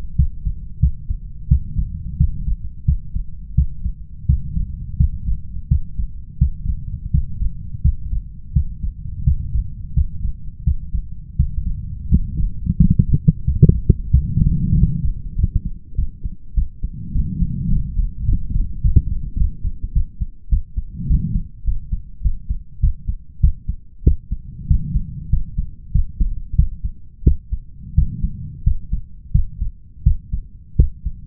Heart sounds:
heart sounds by stethoscope; 92 bpm
0.15 s: heartbeat
0.79 s: heartbeat
1.47 s: heartbeat
2.16 s: heartbeat
2.84 s: heartbeat
3.54 s: heartbeat
4.25 s: heartbeat
4.96 s: heartbeat
5.67 s: heartbeat
6.37 s: heartbeat
7.10 s: heartbeat
7.81 s: heartbeat
8.52 s: heartbeat
9.23 s: heartbeat
9.93 s: heartbeat
10.63 s: heartbeat
11.35 s: heartbeat
12.08 s: heartbeat
12.77 s: heartbeat
13.43 s: heartbeat
14.10 s: heartbeat
14.73 s: heartbeat
15.35 s: heartbeat
15.94 s: heartbeat
16.53 s: heartbeat
17.11 s: heartbeat
17.68 s: heartbeat
18.25 s: heartbeat
18.81 s: heartbeat
19.36 s: heartbeat
19.92 s: heartbeat
20.49 s: heartbeat
21.06 s: heartbeat
21.64 s: heartbeat
22.21 s: heartbeat
22.79 s: heartbeat
23.40 s: heartbeat
24.03 s: heartbeat
24.66 s: heartbeat
25.29 s: heartbeat
25.91 s: heartbeat
26.55 s: heartbeat
27.23 s: heartbeat
27.94 s: heartbeat
28.63 s: heartbeat
29.31 s: heartbeat
30.02 s: heartbeat
30.75 s: heartbeat
From the record:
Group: healthy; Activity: rest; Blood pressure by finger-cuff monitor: 147/94 mmHg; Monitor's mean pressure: 114 mmHg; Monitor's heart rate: 88 bpm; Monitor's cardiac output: 6.7 L/min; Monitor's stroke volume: 68 mL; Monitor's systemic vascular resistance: 950 dyn s/cm5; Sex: male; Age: 21 years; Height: 180 cm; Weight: 67.5 kg

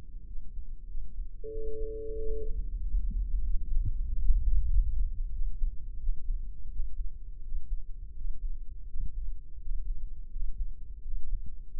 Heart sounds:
heart sounds by microphone in the left ear; 89 bpm
0.29 s: heartbeat
0.90 s: heartbeat
1.53 s: heartbeat
2.19 s: heartbeat
2.84 s: heartbeat
3.47 s: heartbeat
4.08 s: heartbeat
4.71 s: heartbeat
5.34 s: heartbeat
6.02 s: heartbeat
6.72 s: heartbeat
7.44 s: heartbeat
8.17 s: heartbeat
8.90 s: heartbeat
9.61 s: heartbeat
10.32 s: heartbeat
11.04 s: heartbeat
11.75 s: heartbeat
From the record:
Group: healthy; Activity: rest 0-2 s, breath hold 2-12 s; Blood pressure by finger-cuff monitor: 143/80 mmHg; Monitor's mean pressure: 99 mmHg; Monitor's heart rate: 95 bpm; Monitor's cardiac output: 7.8 L/min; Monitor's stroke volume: 82 mL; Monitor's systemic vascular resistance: 960 dyn s/cm5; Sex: male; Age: 21 years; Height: 175 cm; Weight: 72.6 kg

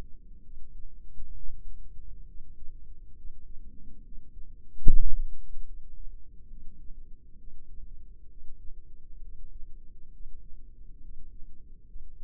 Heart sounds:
heart sounds by microphone in the left ear; 68 bpm
0.41 s: heartbeat
1.33 s: heartbeat
2.25 s: heartbeat
3.14 s: heartbeat
4.01 s: heartbeat
4.83 s: heartbeat
5.64 s: heartbeat
6.48 s: heartbeat
7.36 s: heartbeat
8.27 s: heartbeat
9.19 s: heartbeat
10.10 s: heartbeat
10.99 s: heartbeat
11.85 s: heartbeat
From the record:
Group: healthy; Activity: rest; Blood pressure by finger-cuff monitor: 123/61 mmHg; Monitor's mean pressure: 78 mmHg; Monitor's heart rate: 67 bpm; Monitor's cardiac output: 5.9 L/min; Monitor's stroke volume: 86 mL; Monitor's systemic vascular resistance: 960 dyn s/cm5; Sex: female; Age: 32 years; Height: 168 cm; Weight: 61.9 kg

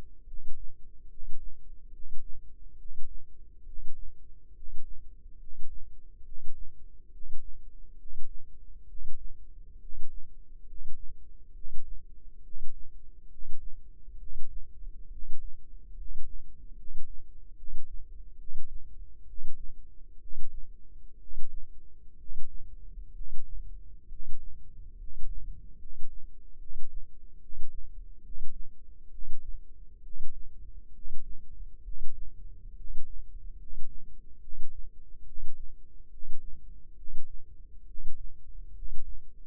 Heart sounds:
heart sounds by microphone in the left ear; 69 bpm
0.25 s: heartbeat
1.08 s: heartbeat
1.91 s: heartbeat
2.76 s: heartbeat
3.64 s: heartbeat
4.53 s: heartbeat
5.38 s: heartbeat
6.23 s: heartbeat
7.10 s: heartbeat
7.96 s: heartbeat
8.86 s: heartbeat
9.78 s: heartbeat
10.65 s: heartbeat
11.52 s: heartbeat
12.41 s: heartbeat
13.28 s: heartbeat
14.17 s: heartbeat
15.09 s: heartbeat
15.95 s: heartbeat
16.75 s: heartbeat
17.55 s: heartbeat
18.36 s: heartbeat
19.25 s: heartbeat
20.18 s: heartbeat
21.18 s: heartbeat
22.16 s: heartbeat
23.12 s: heartbeat
24.07 s: heartbeat
24.96 s: heartbeat
25.77 s: heartbeat
26.57 s: heartbeat
27.39 s: heartbeat
28.21 s: heartbeat
29.09 s: heartbeat
30.01 s: heartbeat
30.91 s: heartbeat
31.82 s: heartbeat
32.74 s: heartbeat
33.56 s: heartbeat
34.39 s: heartbeat
35.24 s: heartbeat
36.09 s: heartbeat
36.95 s: heartbeat
37.85 s: heartbeat
38.73 s: heartbeat
From the record:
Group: healthy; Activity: rest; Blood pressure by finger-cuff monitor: 115/62 mmHg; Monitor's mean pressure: 77 mmHg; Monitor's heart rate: 69 bpm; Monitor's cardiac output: 7 L/min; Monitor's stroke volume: 103 mL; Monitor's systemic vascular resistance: 800 dyn s/cm5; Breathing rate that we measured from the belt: 21 breaths a minute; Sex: male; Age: 35 years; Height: 180 cm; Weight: 86.9 kg

